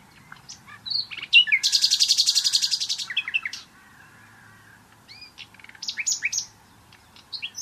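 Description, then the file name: Common nightingale delivering a long, fast, dense trill of repeated notes after a few slurred whistles, then a shorter rattling burst. "Luscinia megarhynchos"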